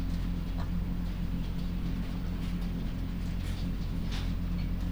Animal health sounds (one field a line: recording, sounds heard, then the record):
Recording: poultry house recording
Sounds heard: sick chickens (respiratory disease)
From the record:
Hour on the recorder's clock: 22